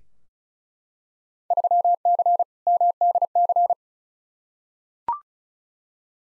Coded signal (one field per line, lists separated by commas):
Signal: Morse code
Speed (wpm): 36 wpm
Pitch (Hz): 700 Hz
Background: none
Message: 3C MDC